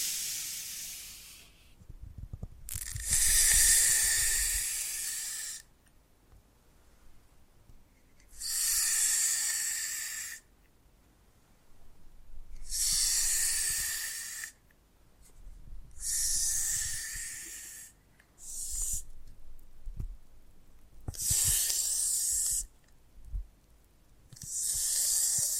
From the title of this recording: Foam Massage